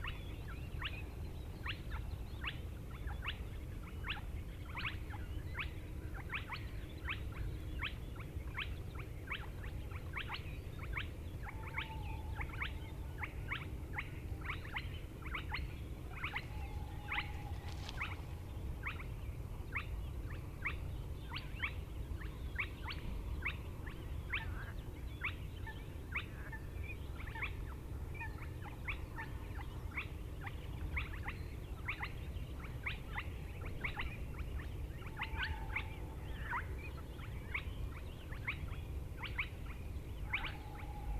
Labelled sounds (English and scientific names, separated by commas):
Spotted Crake (Porzana porzana)